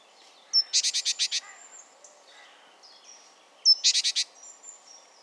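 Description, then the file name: Great tit giving a dry, rattling churr of five or six rapid harsh notes after a brief high tone, repeated once about three seconds later. "Parus major"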